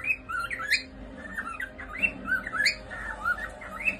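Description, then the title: Cockatiel chatter: a busy run of squawky, sliding chirps and short whistles, rising and falling irregularly, over a low background hum. Several cockatiels singing, whistling. "Calopsitas Cantando Assobio"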